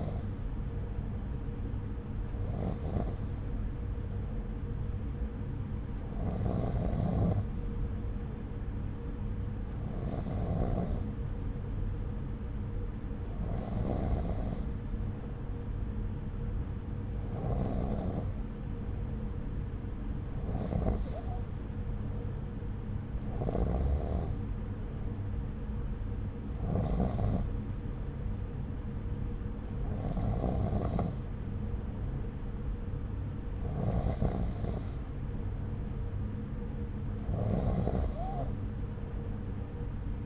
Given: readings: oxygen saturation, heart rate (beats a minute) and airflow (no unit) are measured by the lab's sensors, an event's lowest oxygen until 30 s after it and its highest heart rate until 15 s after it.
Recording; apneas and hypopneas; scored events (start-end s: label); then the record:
breathing in sleep by a smartphone at the bedside; none
none scored
From the record:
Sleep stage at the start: N2 (light sleep); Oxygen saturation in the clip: 92 to 93%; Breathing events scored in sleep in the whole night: 303 in 8.1 hours asleep